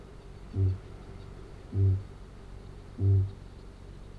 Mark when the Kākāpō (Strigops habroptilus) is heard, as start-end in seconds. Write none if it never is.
0.17-4.18